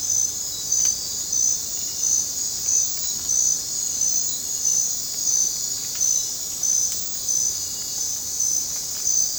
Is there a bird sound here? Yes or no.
no